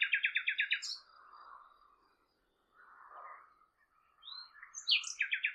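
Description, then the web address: Bird song opening with a quick run of about seven repeated chirps, a soft low rustle in between, then high whistles and another fast chirping run. "Bird Only"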